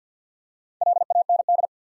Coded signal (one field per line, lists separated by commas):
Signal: Morse code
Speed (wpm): 50 wpm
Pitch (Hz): 700 Hz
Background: none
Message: LAND